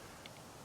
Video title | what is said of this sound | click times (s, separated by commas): Electric Scooter Showdown What's BEST for Vanlife | lock that in place, and then screw this in | 0.3 s